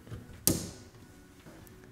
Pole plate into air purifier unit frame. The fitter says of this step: just click them down until you hear a little click and